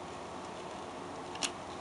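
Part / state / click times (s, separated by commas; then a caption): plastic figure arm onto shoulder peg / not seated / none. The right arm of a FanProjects City Commander Ultra Magnus plastic transforming figure upgrade kit is being slid onto its shoulder peg. Steady background noise runs throughout, with a brief, sharp handling tick at 1.4 s. Nothing has seated or clicked yet.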